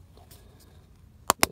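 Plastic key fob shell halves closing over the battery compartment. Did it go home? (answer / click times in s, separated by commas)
yes / 1.3 s, 1.4 s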